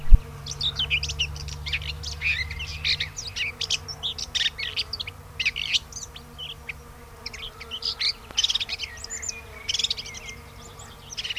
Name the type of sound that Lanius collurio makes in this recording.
song